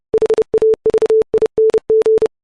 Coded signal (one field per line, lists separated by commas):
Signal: Morse code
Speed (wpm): 30 wpm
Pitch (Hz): 440 Hz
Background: none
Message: HAVING